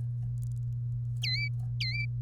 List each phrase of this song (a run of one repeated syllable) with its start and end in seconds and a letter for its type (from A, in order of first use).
1.23-1.48 A, 1.80-2.05 A